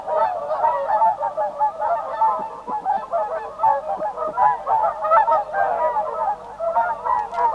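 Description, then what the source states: Whooper Swans trumpeting together, bursts of hoarse, bugle-like honks from several birds overlapping, the chorus pulsing louder and softer. Field recording from Sweden.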